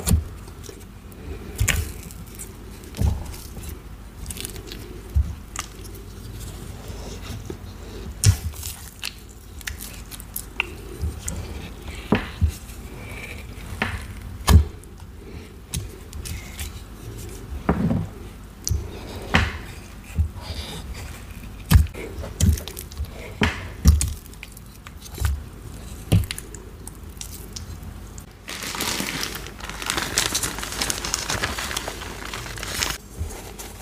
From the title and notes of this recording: Dyed Chalk Cubes. Cornstarch Crunchies.